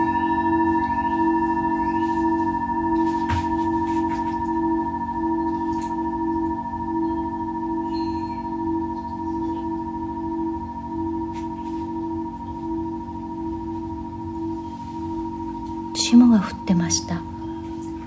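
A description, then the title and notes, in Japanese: A singing bowl rings with a steady, sustained hum, its layered tones holding evenly for the whole clip while a low warm drone sits underneath. A few faint taps and rising chirps appear early, and a brief louder rustle breaks in around sixteen seconds. メキシコから シンギングボウルのサウンドヒーリング ライブ。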